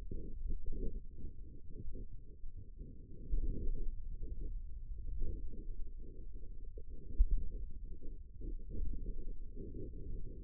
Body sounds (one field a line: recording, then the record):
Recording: forearm muscle sounds (acoustic myography)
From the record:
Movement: finger pinch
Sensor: system 2, bracelet of six BSWA MPA416 microphones around the upper forearm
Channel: 4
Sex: male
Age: 22 years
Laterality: right